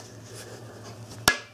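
A click-type torque wrench tightens a scope ring screw on the mount for a Leopold VX2 4-12 rifle scope, with the wrench set at 25 pounds. A low steady hum runs underneath until one loud, sharp click at 1.3 s, which quickly fades. The wrench has reached its torque setting and the screw is tightened.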